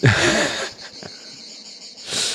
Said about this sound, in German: Hast du was von Grillen mitgekriegt? Ja, ich weiß nicht. Ich kann ja mal reinhören, ob wir was von Grillen mitgekriegt haben. Du meinst das hier, ne?